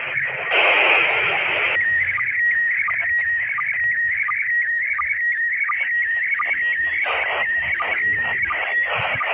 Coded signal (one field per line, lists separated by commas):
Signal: SSTV (slow-scan television)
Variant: PD 90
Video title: SSTV SES 8A09JS HUT ORLOK Jakarta Selatan ke-9 Tahun 2022